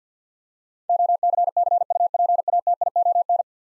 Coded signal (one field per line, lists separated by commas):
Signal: Morse code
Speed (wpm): 52 wpm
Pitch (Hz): 700 Hz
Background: none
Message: OCCUPATION